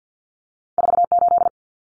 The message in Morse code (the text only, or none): 48